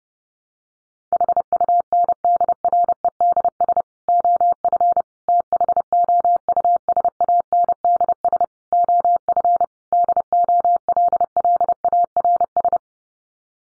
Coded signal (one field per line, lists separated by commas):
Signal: Morse code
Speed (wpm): 30 wpm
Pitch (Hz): 700 Hz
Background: none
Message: HUNDREDS OF THOUSANDS OF DOLLARS